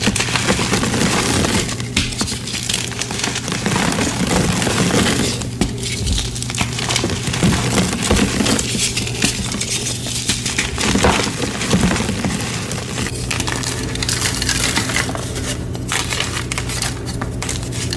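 Gym chalk blocks are crushed in a dense, continuous run of gritty crunching and crackling, with brighter snaps clustered around 2, 6, 10 and 15 seconds. Loudness stays fairly even throughout, over a low steady hum underneath.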